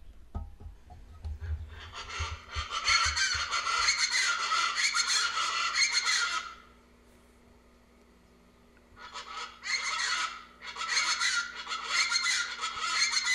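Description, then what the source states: Chachalacas in a loud, raucous chorus of harsh, rhythmic calls, in two long bursts separated by a quiet pause. Birds that hide in thickets and climb into tree branches; about the size of a domestic hen, 53–61 cm long.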